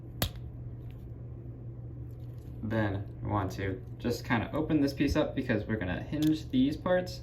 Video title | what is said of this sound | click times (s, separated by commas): Mini Masterpiece G1 SOUNDWAVE Newage H21 SCARMANGA Review | I just want to shoot them up until they kind of click into place on those sliders. | 0.2 s